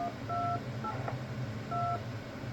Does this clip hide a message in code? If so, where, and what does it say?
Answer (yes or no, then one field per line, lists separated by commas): no